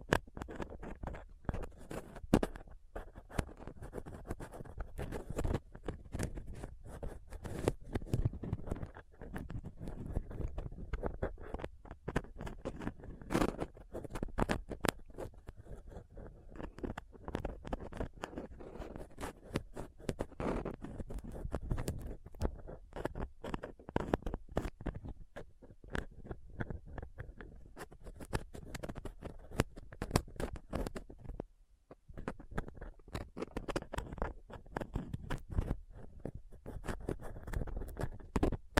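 A dental pick, tweezers and a cotton swab rub and pick at a microphone, making dense, irregular scratching and tapping that never settles into a rhythm. Sharp clicks cut through a low rumbling scrape throughout, with a brief near-silent gap around 31 seconds.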